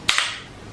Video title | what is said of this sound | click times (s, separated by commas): BaByliss Paris Curl Secret 2 -- unboxing, review , tutorial & MY VERY HONEST OPINION!!! MamaG | millimeter just make sure that it will give you a nice click | 0.1 s